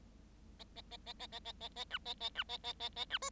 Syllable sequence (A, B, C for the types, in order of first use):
A A A A A A A A A B A A B A A A A B C